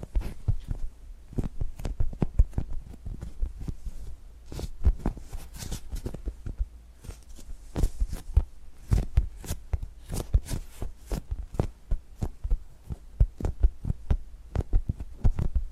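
Tapping and gripping sounds fill the clip: a steady, dense run of short, sharp taps, several per second, each a quick click reaching from a low thud up to a bright tick. Between taps a faint low hum sits underneath, and the rhythm stays busy and uneven throughout.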